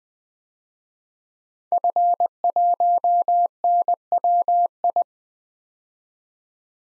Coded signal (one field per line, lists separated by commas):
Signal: Morse code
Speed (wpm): 21 wpm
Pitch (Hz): 700 Hz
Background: none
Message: F1NWI